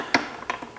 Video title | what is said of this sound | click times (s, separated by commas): 1978 Fisher Price Phonograph! Review & Teardown! | rotate it down when you do need it you rotate it up and it snaps into place | 0.1 s